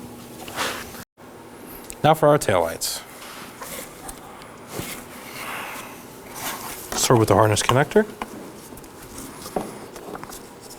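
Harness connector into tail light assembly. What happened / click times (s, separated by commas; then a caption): The harness connector is handled and lined up, not yet seated / none. Someone talks while a plastic harness connector is handled and lined up at the tail light assembly of a 2014-2019 Nissan Sentra before being slid in. Short handling taps and rustles are heard between the speech. Nothing has seated or clicked yet.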